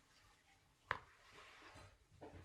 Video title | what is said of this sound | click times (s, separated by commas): Haul number 5 - Mobile phone and casing | locks into place with the magnets that's some engineering right there | 0.9 s